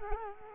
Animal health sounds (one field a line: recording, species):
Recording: mosquito wingbeat signal from an infrared sensor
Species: Culex quinquefasciatus